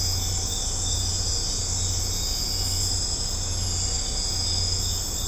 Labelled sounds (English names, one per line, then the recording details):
none
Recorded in secondary vegetation near Puerto Asís, Putumayo, Colombia, on 20 December 2024 at 22:00
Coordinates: 0.502, -76.326
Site G028